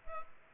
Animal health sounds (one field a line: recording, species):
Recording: mosquito wingbeat signal from an infrared sensor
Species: Culex pipiens